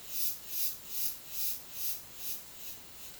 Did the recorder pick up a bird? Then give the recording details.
no. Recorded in dense forest near Puerto Asís, Putumayo, Colombia, on 18 February 2024 at 10:00. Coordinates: 0.505, -76.324. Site G6467